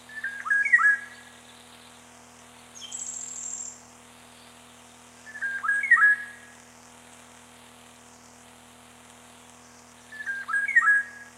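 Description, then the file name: Eurasian golden oriole song: fluty, yodelling whistled phrases repeated about every five seconds, with one thin high buzzy note from another bird in between. Date given as 22.05.94. "22 05 94 ivolgakit"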